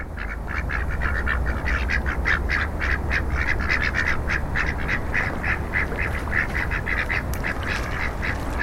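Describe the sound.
Ducks quacking in a steady series of short nasal calls over a low rumbling background.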